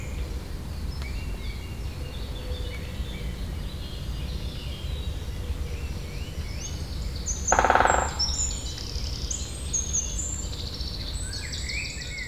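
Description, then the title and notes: Great spotted woodpecker drumming: one short, very rapid roll of knocks amid a lively chorus of twittering and whistling songbirds. Territorial drumming on the stump of a tall dead tree, Saint-Jean, France; second take after moving closer; binaural recording with Soundman OKM II and Zoom H4n. "28 Chemin de Lapeyrière, Saint-Jean, France - Pic épeiche marquage territoire. Un pic épeiche marque son territoire sur la souche d'un long arbre mort"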